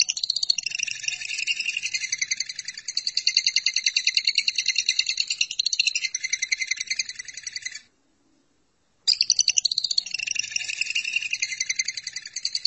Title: BM Suara Burung Lovebird